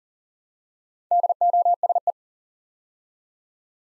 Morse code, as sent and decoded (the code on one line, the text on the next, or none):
-.. --- ... .
DOSE